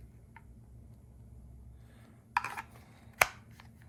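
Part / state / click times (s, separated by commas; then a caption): knife blade into its sheath / seated / 3.2 s. A restored knife is pushed into its sheath, which was cleaned with a little oil and adjusted after small amounts of material were removed. After a faint tick at 0.4 s and a brief scraping burst around 2.4–2.6 s, the blade snaps into the sheath's retention with a sharp click at 3.2 s. The knife is seated, with the click confirmed and no rattle.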